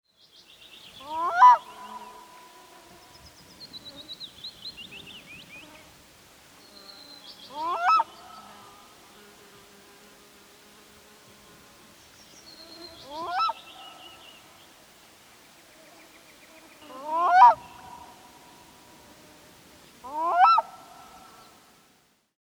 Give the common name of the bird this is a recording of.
Black-throated Loon